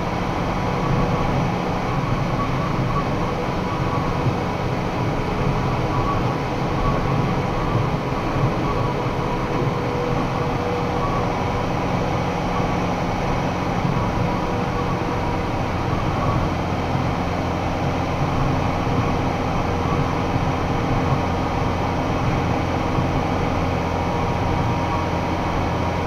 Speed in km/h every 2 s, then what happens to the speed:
102, 102, 101, 101, 100, 100, 100, 99, 98, 98, 98, 98, 97.
0-26 steady at about 100.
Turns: none.